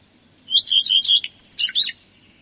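Common redstart song phrase: several sweet slurred notes in quick succession, then a varied, high jingle at the end.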